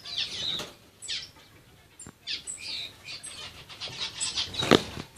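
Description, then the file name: Parrotlet calls, short high chirps and squeaky notes scattered throughout, some bursts sharper, over low background noise. "forpus coelestis"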